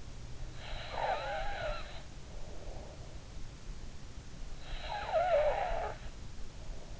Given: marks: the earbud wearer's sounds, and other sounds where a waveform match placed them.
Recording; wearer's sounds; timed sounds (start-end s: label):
sounds in sleep by an in-ear microphone; snoring breath
0.50-2.33 s: snoring breath
4.57-6.02 s: snoring breath